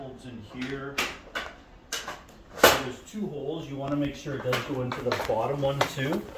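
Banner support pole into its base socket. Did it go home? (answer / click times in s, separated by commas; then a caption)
no / none. Someone talks while handling the telescopic support pole of a roll-up banner stand at its base socket, which has two holes, with the pole meant to go into the lower one until its spring button catches. Brief knocks and handling sounds come through between the words. Nothing has seated or clicked yet.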